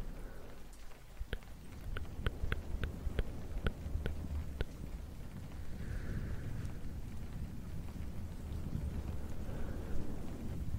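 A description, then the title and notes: Soft brushing on a fluffy mic over steady rain, with a constant low rumble and dense hiss throughout. Between about one and five seconds a quick run of sharp, bright taps sounds, and gentle swishing swells return near six and ten seconds. Face brushing, fluffy mic, rain.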